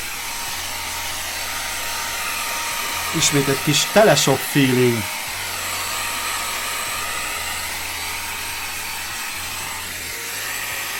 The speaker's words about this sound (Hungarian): A rendszeres nézőim már tudják, hogy a legózás elengedhetetlen részévé vált, hogy az erre szakosított porszívóval szépen felporszívózom azokat a szőrszálakat, amit a macska itt hagy az asztalon.